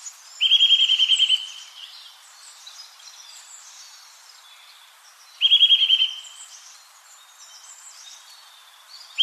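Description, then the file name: Eurasian nuthatch calling in fast, steady trills of clear piping notes, two bursts about five seconds apart, with a third starting at the end. "Sitta europaea"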